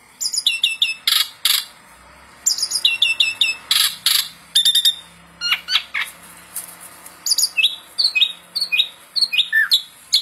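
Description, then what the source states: Asian pied starling song of clipped repeated clicking phrases and sharp notes, ending in a series of descending whistled slurs. Masteran song-tutoring audio of Jalak Suren, meant to stimulate songbirds that sing too little and are listless.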